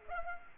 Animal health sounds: mosquito wingbeat signal from an infrared sensor; Culex quinquefasciatus

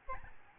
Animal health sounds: mosquito wingbeat signal from an infrared sensor; Aedes albopictus

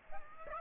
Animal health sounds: mosquito wingbeat signal from an infrared sensor; Aedes aegypti

